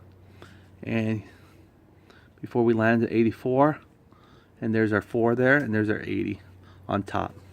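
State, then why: Not seated. Someone talks while setting a torque wrench handle to 84 inch-pounds before letting its adjustment lock snap into place. Only speech and faint handling sounds are heard; the adjustment lock has not snapped or locked yet when the clip ends.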